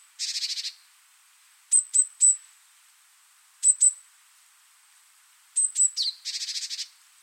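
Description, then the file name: Great tit giving harsh rattling churrs and short pairs or triplets of sharp, very high notes, alternating with brief silences. "Parus major"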